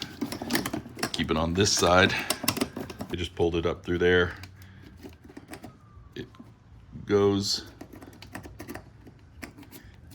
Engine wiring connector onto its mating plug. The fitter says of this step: on like that. Hear it snap, and then remember this,